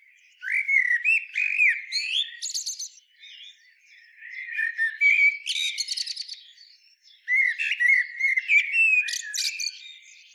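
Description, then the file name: Common blackbird song in three phrases, each mixing mellow whistled notes with thin, high squeaky twitters. "Turdus merula"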